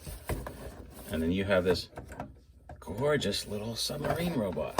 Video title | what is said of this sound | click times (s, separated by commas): MechFansToys G01 Jiaolong Chinese Submersible Submarine Review- CollectionDX | snaps right in | 0.3 s